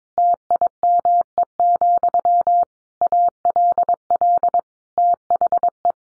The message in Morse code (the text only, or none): TIME, ALL THE